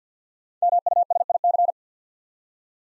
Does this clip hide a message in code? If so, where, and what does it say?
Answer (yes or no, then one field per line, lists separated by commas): yes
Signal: Morse code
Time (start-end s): 0.6-1.7 s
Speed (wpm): 48 wpm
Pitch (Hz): 700 Hz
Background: none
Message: MUSIC